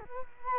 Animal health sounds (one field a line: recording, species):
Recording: mosquito wingbeat signal from an infrared sensor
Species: Culex quinquefasciatus